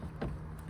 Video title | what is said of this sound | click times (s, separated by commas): Are Mechanics Ripping You Off? | Plug that sensor back in. Here's a click. | 0.2 s